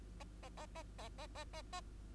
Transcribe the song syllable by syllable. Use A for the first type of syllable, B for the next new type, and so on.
A A A A A A A A A